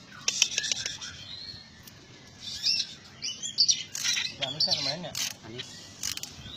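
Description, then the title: Small bird giving scattered high chirps and twittering notes, quieter and broken by pauses, with a faint steady background hiss. "Burung Kecil"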